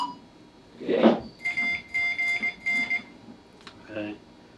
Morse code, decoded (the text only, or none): AGN